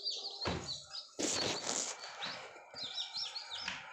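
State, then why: Not seated. Someone closes the door of a home-made egg incubator and handles its locking latch, with bursts of handling noise and short sharp knocks near 1.7 and 3.7 seconds. Bird chirps and tweets continue throughout. The clip ends before the latch locks shut, and nothing has seated or clicked yet.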